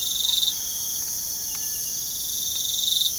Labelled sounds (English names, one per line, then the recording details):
none
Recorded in pastures near Puerto Asís, Putumayo, Colombia, on 25 June 2025 at 04:30
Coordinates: 0.497, -76.327
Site G040